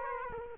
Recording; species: mosquito wingbeat signal from an infrared sensor; Culex quinquefasciatus